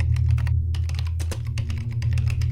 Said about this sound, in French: Steve se pencha sur sa console. Ses doigts volèrent sur les touches du clavier.